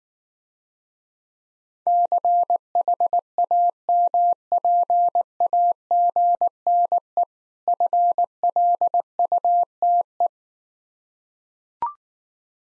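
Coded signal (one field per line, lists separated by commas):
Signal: Morse code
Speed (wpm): 19 wpm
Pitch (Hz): 700 Hz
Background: none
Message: CHAMPAGNE FLUTE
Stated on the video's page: Morse practice drill of difficult words at 15 wpm, with contextual hints.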